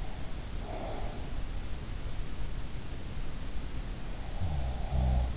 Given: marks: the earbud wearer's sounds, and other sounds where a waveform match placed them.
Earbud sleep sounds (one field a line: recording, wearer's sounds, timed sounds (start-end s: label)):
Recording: sounds in sleep by an in-ear microphone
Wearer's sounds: breath, snoring breath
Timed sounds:
0.61-1.48 s: breath
4.28-5.37 s: snoring breath